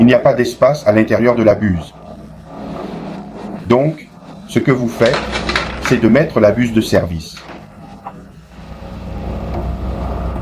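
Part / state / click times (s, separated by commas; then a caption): service nozzle onto oxygenating water bottle cap / not seated / none. A service nozzle is being fitted onto the cap of an oxygenating water bottle while someone talks, with faint handling sounds between phrases. The clip ends before the nozzle goes home, so nothing has seated or clicked yet.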